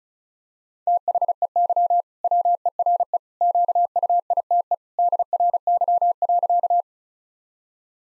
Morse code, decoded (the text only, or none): THEY WERE QUITE DRY.